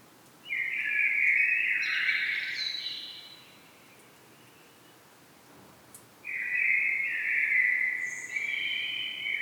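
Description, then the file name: Common blackbird with two long, warbling flute-like phrases with thin, high squeaky notes, a few seconds of quiet between them. "Turdus merula"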